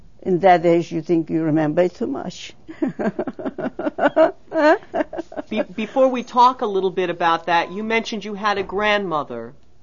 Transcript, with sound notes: In that days you think you remember too much. (she laughs)
Before we talk a little bit about that, you mentioned you had a grandmother.